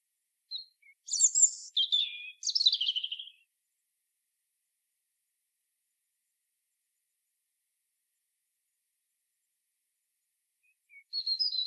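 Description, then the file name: European robin song: two quick high warbling phrases, the second sliding lower, then a long silence before another thin trilled phrase starts at the end. "Erithacus rubecula"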